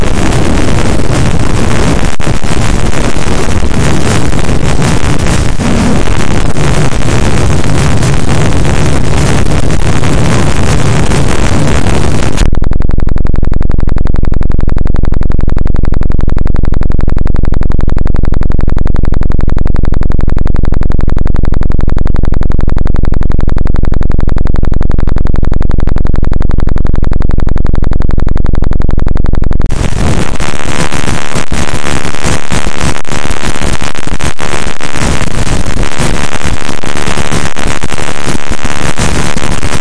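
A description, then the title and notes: Loud, dense computer sound-system noise, harsh and crackling, drops to a low steady hum from about 12 to 30 seconds, then returns. All sounds from highly amplified internal sound system noise in a pentium iii computer.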